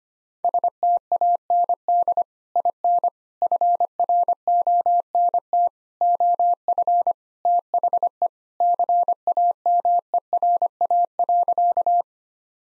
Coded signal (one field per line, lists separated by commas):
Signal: Morse code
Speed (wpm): 25 wpm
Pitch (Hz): 700 Hz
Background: none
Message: STAND IN FRONT OF THE CAMERA.